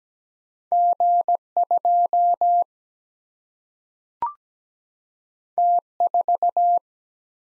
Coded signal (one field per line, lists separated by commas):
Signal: Morse code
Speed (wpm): 17 wpm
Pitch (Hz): 700 Hz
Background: none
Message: G 2 T 4